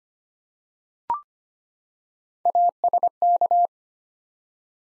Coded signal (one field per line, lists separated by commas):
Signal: Morse code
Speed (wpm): 25 wpm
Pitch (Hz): 700 Hz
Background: none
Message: ASK